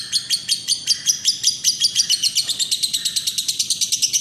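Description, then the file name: Lovebird chatter song: rapid, high, scratchy notes pulsing quickly in a steady run. Long continuous "ngekek" chatter. "lovebird golden boy ngekek panjang. omkicau"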